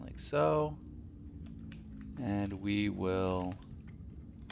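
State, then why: Seated. Two flipped plastic body sections of a transforming action figure are pushed together while someone talks, with faint light taps in the background. A sharp click at 4.5 s marks the sections snapping and locking into place.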